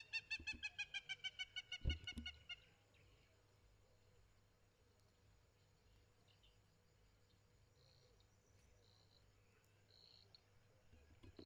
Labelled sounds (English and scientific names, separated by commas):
Hamerkop (Scopus umbretta)